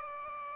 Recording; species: mosquito wingbeat signal from an infrared sensor; Aedes aegypti